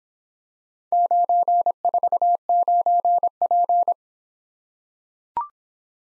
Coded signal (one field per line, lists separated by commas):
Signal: Morse code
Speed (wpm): 24 wpm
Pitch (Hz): 700 Hz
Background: none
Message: 949P